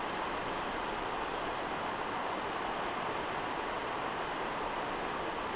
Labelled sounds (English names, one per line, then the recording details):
none
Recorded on Arctic tundra, site NAIT-1, on 29 June 2018
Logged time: 01:00